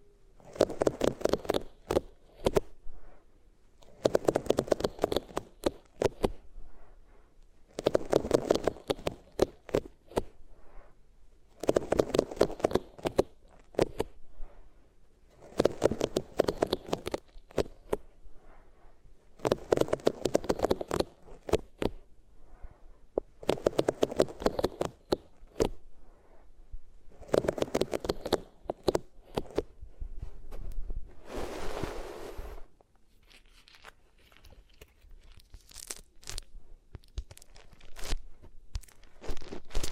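Ears are rubbed against different materials in rhythmic strokes, each burst of scratchy, crinkly friction lasting about a second and returning every few seconds. A denser, hissier rub comes near thirty-two seconds, followed by sparse, quieter crackles to the end.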